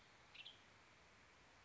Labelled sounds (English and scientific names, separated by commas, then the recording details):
Western Tanager (Piranga ludoviciana)
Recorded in Sonoma County, California